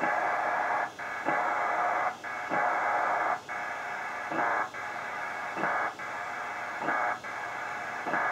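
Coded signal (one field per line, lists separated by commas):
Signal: HF data modem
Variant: PACTOR 4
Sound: dense hissing data bursts, each about one second, broken by brief gaps with short chirps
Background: radio static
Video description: data transmission on shortwave radio with PACTOR level 4 modem SCS P4dragon DR7800 and ICOM 7600 radio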